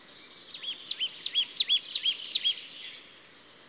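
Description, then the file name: Marsh tit calls: a lively series of several sharp, high notes that dip and rise, delivered quickly and evenly, with a faint high whine afterward. "Poecile palustris"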